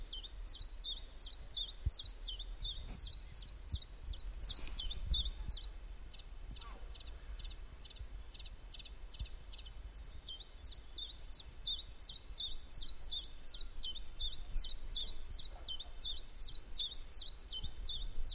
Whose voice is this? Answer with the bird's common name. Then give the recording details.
Common Chiffchaff. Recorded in the wild. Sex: male. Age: adult. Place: Halbinsel Kindo, Karelien, RU. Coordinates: 66.5503, 33.1017. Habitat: taiga. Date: 1991-07-23. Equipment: Uher 4000 Report Monitor ME 80, K 30 AV, Original. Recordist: Frommolt, Karl-Heinz. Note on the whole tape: Botanischer Garten der Biologischen Station der MSU: Gesang